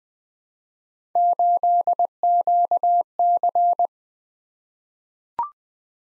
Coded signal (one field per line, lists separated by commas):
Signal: Morse code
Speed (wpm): 20 wpm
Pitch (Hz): 700 Hz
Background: none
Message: 8QC